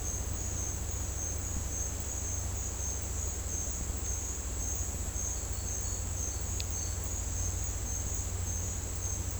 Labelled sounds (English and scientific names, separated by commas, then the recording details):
none
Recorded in dense forest near Puerto Asís, Putumayo, Colombia, on 20 December 2024 at 12:00
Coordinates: 0.466, -76.327
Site G075